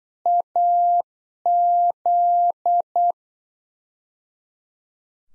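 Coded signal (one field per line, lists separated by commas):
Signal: Morse code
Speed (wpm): 8 wpm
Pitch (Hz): 700 Hz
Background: none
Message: AZ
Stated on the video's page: Practice QSO beginning segment (RST, QTH, name) at 8 wpm, sent twice for head-copy.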